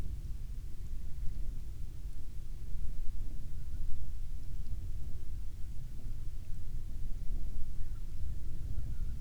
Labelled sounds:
waterfowl
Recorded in the Prudhoe Bay oil fields, Alaska, on 12 May 2019 at 20:23
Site 21

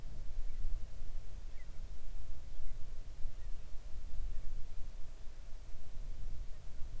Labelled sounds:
near silence
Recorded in the Arctic National Wildlife Refuge, Alaska, on 3 August 2019 at 05:07
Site 41

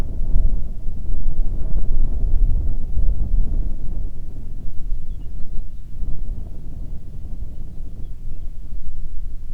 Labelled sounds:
songbird, wind
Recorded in the Arctic National Wildlife Refuge, Alaska, on 1 June 2019 at 19:47
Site 37

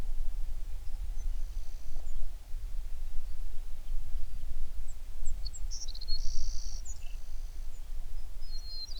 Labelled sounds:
songbird
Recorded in the Prudhoe Bay oil fields, Alaska, on 11 June 2019 at 04:49
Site 21

